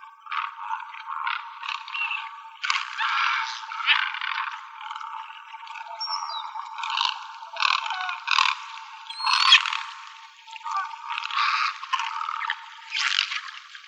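Great egret grating, rattling croaks in uneven bursts throughout.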